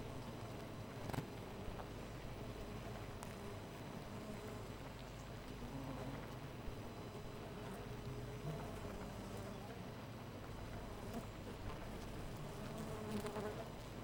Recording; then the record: honeybee colony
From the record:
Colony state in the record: missing queen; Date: 14 July 2017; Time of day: 4:02